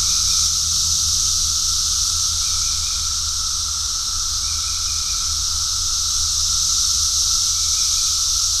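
Cicadas droning in an unbroken shrill wash of sound, steady throughout, with short faint whistled notes appearing at intervals and a low hum underneath.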